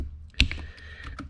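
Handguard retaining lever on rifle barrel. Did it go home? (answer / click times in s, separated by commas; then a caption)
released / 0.4 s. The second spring handguard retaining lever on an M1 Garand rifle barrel is pulled out and down while the first lever is held down with a thumb, during installation of an UltiMAK M12 optic mount. A sharp metallic snap at 0.4 s marks the lever releasing, with fainter clicks around 0.3 s, 0.5 s and 1.2 s.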